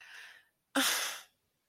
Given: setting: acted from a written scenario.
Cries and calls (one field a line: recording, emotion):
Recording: vocal sound without words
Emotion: anger